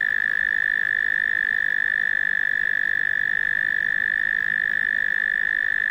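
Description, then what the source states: Cricket trilling in one steady, unbroken high buzz that holds the same pitch for the whole stretch, with no other sounds. Australian cricket, among various Australian insects.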